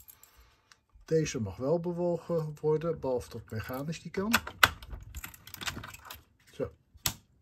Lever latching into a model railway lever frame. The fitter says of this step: klik en dan zie je dat de